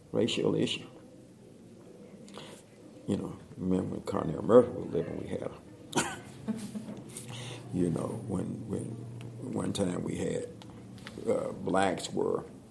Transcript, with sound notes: racial issue. You know, I remember when Murphy was living we had a, [laughter] you know, when, when, one time we had, the blacks were,